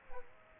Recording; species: mosquito wingbeat signal from an infrared sensor; Aedes aegypti